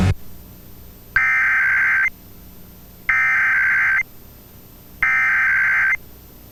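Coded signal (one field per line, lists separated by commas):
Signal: Emergency Alert System (SAME) tones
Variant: header bursts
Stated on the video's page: Monthly test tones received off Pennsylvania FM, AM and TV stations, one also captured from a line-out recording.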